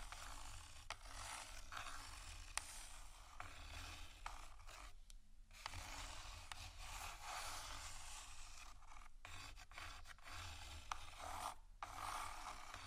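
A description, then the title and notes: Dense, continuous scratching and rasping over a low steady rumble, with sharp taps around 1, 2.5 and 5.5 seconds and brief pauses near 5, 9 and 11.7. ASMR Textures Scratching & Tapping (No Talking).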